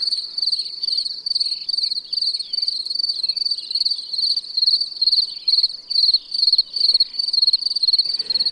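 Field cricket chirping: a steady run of high, shrill trilled chirps, each a burst of rapid pulses, repeated about twice a second throughout.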